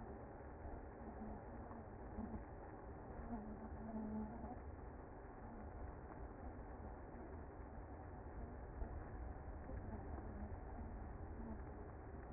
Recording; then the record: honeybee colony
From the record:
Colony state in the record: active